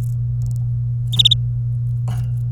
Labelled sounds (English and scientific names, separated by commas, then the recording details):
Domestic Canary (Serinus canaria) song
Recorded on 24 April 2018 at 13:27
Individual llb3